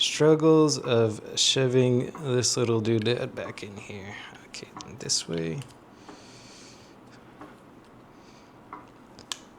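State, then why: Seated. Someone talks while pushing a small plastic insert back into the cap of a LARQ V2 smart water bottle after cleaning it, lining it up and pressing it home. The talking stops around 5.5 s, followed by quiet handling and a few faint ticks. A sharp click at 9.3 s marks the insert seating in place.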